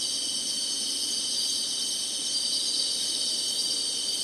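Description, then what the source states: Singing insects make an even, shrill, high buzzing drone throughout, with no breaks or other clear sounds. Singing insects in summer.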